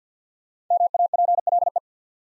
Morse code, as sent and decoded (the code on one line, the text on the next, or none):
-- .- .--. .-.. .
MAPLE